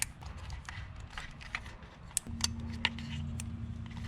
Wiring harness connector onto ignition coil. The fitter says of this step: now once the coils are in we can plug in each of the connectors make sure you hear the Click on each one of them